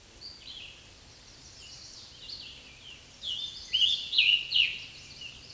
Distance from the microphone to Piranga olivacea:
about 10 m